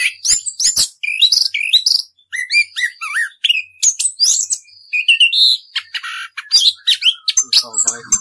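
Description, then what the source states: Orange-headed thrush singing a fast, varied medley of sweeping whistles, chatters and trills, phrases following one another almost without break. Song in the extended rolling style called ngerol; master recording used for teaching birds.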